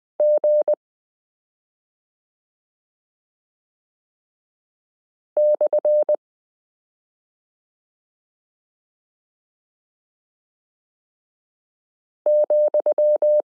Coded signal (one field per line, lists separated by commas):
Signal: Morse code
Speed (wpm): 20 wpm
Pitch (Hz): 600 Hz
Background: none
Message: G/,